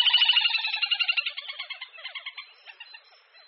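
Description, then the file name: Little grebe giving a rapid whinnying trill of high, even notes that slows and fades away over about three seconds. "Potápka-malá"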